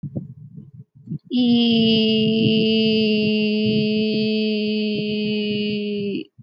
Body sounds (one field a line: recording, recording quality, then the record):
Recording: sustained vowel as in beet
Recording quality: excellent, no background noise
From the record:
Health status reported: healthy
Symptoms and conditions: none ticked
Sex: female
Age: 28 years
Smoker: not ticked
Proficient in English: yes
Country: India